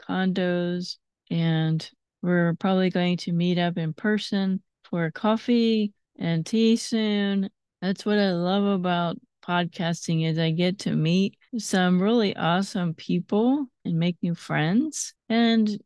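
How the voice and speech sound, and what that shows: An adult woman speaks clearly and fluently in a steady, warm voice with natural pauses; speech is typical.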